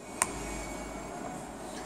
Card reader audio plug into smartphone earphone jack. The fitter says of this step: 딱 소리가 날 때까지 밀어 넣어 주십시오.